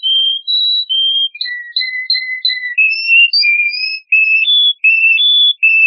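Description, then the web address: Atlantic canary song: a run of clear whistled notes shifting between pitches, with short phrases of repeated notes, bright throughout. "serinus canaria"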